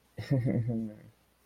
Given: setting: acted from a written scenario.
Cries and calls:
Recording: vocal sound without words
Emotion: shame

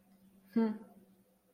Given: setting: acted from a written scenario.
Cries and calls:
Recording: vocal sound without words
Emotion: contempt

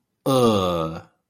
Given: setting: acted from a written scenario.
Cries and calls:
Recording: vocal sound without words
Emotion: contempt

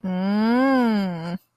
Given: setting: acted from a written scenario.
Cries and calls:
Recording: vocal sound without words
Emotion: confusion

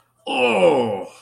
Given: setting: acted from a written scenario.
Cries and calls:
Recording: vocal sound without words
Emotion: pain

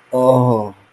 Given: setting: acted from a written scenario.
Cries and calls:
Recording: vocal sound without words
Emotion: desire

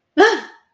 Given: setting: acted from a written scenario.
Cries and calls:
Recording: vocal sound without words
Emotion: negative surprise

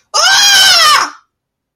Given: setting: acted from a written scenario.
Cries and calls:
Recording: vocal sound without words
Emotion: negative surprise

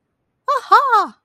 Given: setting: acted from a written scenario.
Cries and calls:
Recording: vocal sound without words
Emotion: elation

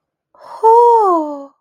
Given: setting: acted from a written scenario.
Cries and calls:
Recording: vocal sound without words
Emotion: awe

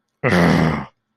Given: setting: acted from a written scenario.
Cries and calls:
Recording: vocal sound without words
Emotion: anger

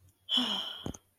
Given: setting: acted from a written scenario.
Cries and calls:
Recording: vocal sound without words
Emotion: ecstasy

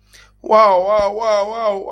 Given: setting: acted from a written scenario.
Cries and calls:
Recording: vocal sound without words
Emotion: elation

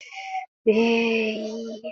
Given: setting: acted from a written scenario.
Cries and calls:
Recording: vocal sound without words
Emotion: guilt

